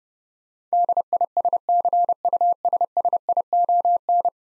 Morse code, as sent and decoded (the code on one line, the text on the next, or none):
-.. .. ... -.-. ..- ... ... .. --- -.
DISCUSSION